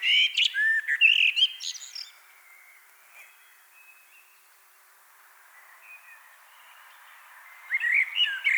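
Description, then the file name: Common blackbird song: a busy phrase of fluted and squeaky notes, a long lull with faint background birds, then another phrase begins. "Turdus merula"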